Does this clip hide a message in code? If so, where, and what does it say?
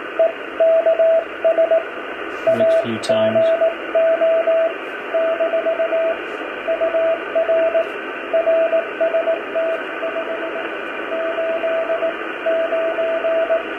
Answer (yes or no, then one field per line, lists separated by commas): yes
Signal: Morse code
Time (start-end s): 0.2-13.6 s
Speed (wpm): 18 wpm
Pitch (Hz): 660 Hz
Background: radio noise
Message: EKS AGO - UR RST 589